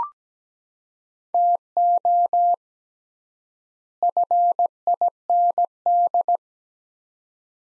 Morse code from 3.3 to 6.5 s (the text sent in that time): FIND